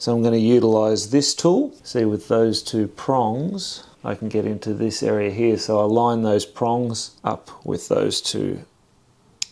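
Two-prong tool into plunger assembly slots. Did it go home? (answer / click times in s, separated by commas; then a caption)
yes / 9.4 s. A two-pronged tool is lined up with two slots on a plunger assembly and pushed in until it engages. Someone talks for most of the clip, then after a short quiet a single sharp click is heard at 9.4 s as the tool seats in the slots.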